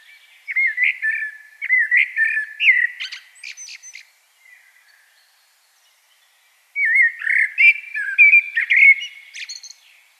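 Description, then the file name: Common blackbird song: two long phrases of rich, flute-like warbling with sharp high twittered endings, separated by a pause of a few seconds. "Turdus merula"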